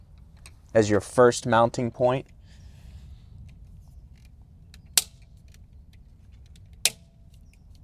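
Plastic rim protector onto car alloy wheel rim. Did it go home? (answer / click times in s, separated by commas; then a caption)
yes / 5.0 s, 6.8 s. A plastic rim protector strip is pressed onto a car's alloy wheel rim, starting at the valve stem section as the first mounting point. Someone talks briefly at the start, then two sharp clicks are heard at 5.0 and 6.9 seconds as the protector seats in place on the rim.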